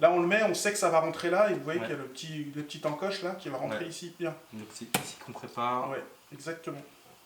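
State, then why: Not seated. A RAM module is handled and lined up with the notch in a motherboard DIMM slot while someone talks throughout. Nothing has seated or clicked yet; the module is not yet pushed home or locked by the retention clip.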